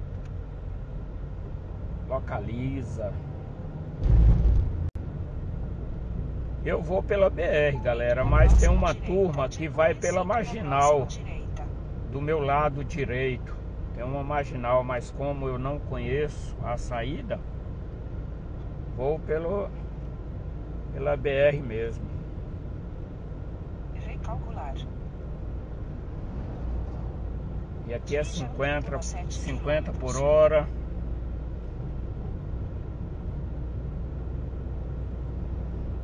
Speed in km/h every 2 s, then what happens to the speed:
27, 34, 35, 34, 31, 34, 33, 33, 33, 33, 32, 33, 34, 34, 35, 33, 36, 36.
0-4 speeds up to 35. 4-36 steady at about 33.